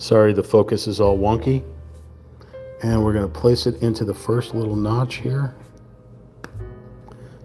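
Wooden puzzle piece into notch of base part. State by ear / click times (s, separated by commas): seated / 6.4 s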